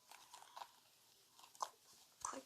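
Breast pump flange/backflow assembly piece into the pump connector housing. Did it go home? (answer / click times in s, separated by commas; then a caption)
yes / 1.6 s, 2.2 s. A plastic breast pump part with a silicone backflow piece, the flange/backflow assembly, is pushed into its plastic pump connector housing. Soft handling rustles and small taps lead up to sharp plastic clicks at 1.6 s and 2.3 s. The part seats snugly in place.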